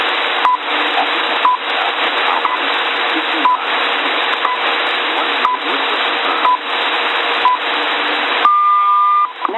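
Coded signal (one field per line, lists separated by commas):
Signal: radio time signal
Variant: WWVH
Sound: hissy shortwave static with faint short ticks each second, then a long steady tone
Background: radio static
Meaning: Short ticks mark each second; the long tone marks the start of a minute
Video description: Station : WWVH, Hawaii Time : 0959UTC Date : 01 Aug '23 Freq : 10MHz rcvd in Tokyo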